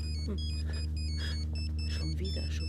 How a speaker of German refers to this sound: Erst wann hört denn dieses scheiß Handyläuten endlich auf?